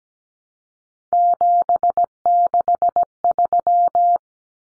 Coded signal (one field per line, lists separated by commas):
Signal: Morse code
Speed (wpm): 17 wpm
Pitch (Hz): 700 Hz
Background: none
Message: 763